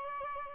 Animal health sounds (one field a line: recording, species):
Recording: mosquito wingbeat signal from an infrared sensor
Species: Aedes albopictus